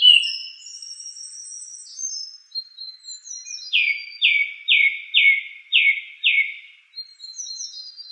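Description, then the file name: Song thrush with high trilling, scratchy phrases leading into a bold downslurred note repeated six times, then more faint high notes. "suara-kicauan-burung-song-thrush 7-omkicau"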